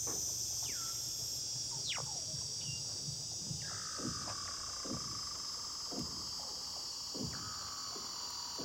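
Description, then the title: Weddell seal underwater calls: sharp descending chirps and gliding whistles over steady high ringing tones, with a long tone slowly falling in pitch. "Douglas Quin - Weddell Seals (Underwater)"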